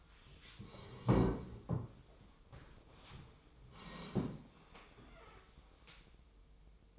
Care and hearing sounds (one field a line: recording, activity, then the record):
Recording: daily activity, microphone in the room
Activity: sit down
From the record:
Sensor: 1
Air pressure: 1005.0 hPa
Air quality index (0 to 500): 123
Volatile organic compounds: 5 ppm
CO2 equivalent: 1724 ppm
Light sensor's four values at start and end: 11/26/10/11 and 11/27/11/12